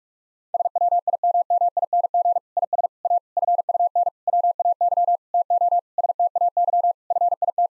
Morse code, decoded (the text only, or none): SWIMMING IS A FUN WAY TO STAY FIT